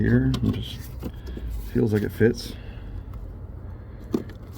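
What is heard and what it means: Someone talks while fitting the wiring harness connector back onto the new blower motor resistor under the dash of a T1N Sprinter van. Soft handling and rustling sounds follow, with a few faint ticks near the end. The connector is only being handled, and nothing has seated or clicked yet.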